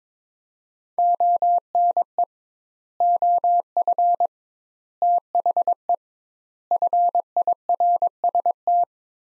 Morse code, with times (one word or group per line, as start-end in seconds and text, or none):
1.0-2.2 ONE
3.0-4.3 OF
5.0-5.9 THE
6.7-8.8 FIRST